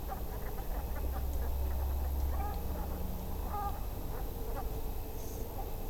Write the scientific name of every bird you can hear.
Branta bernicla